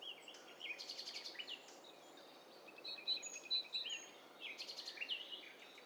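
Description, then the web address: Several birds calling at once: rapid high chirp trills, a series of clear repeated whistled notes, and buzzy twitters overlapping throughout. Mixture of several birds calling over one another. "Hi Fi STEREO BIRD COCKTAIL PARTY Challenge SBCP TESTSET HDBird Cocktail Party"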